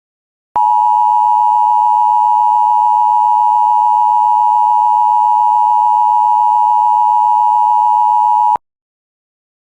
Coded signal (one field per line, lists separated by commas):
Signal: Emergency Alert System (SAME) tones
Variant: 853 and 960 Hz attention tone